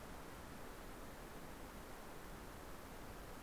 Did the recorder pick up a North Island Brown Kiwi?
no